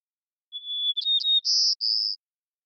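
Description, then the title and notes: White-crowned sparrow song: a clear whistled note followed by a few quick chips and two buzzy trills, high and clean with no other sounds. Long performance of repeated song, recorded in the Pacific Northwest, Washington, United States, with a parabolic microphone, processed for clarity while keeping natural pace, rhythm and dynamics. "White-crowned Sparrow, Zonotrichia leucophrys, long performance with repeated song, parabolic recording, clean-processed for clarity, natural pace, rhthym, and dynamics maintained, family: New World Sparrows Recorded in the beautiful Pacific Northwest, Washington, United States"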